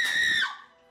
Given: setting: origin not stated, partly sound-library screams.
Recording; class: one-second piece from a danger detection set; woman in danger